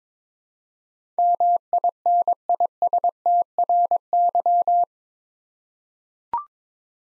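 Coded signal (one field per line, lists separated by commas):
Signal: Morse code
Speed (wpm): 22 wpm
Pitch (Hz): 700 Hz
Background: none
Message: MINISTRY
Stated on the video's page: Morse head-copy drill of eight-letter words at 22 wpm; each word is sent, then spoken, then sent again.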